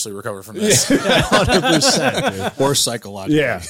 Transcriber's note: laughing